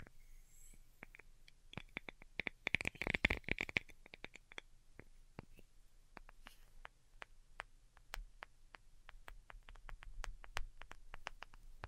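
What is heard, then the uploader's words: Delicate tapping in quick, uneven clicks, with a dense crinkly burst around three seconds, then sparser sharp taps continuing over a low hum. ASMR DELICATE Tapping for Sleep (No Talking).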